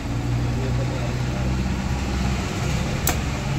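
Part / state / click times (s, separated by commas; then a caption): engine timing part into a motorcycle engine / seated / 3.1 s. A metal timing part is pushed into the engine of a 2002 Hero Passion+ motorcycle during reassembly after the timing marks are lined up. A steady low hum runs throughout. A single sharp click at 3.1 s marks the part locking into place.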